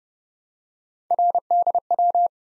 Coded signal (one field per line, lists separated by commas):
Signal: Morse code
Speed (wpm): 30 wpm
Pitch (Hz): 700 Hz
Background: none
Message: RDW